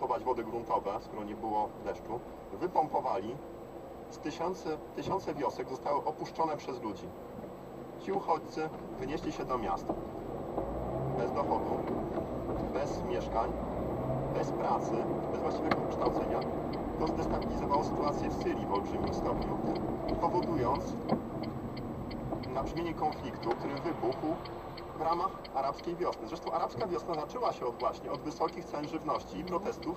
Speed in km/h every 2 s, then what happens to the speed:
6, 4, 0, 0, 0, 18, 26, 35, 37, 34, 27, 19, 7, 0, 0.
0-3 slows to 0. 3-9 standing. 9-15 pulls away to 37. 15-25 brakes to 0. 25-30 standing.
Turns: none.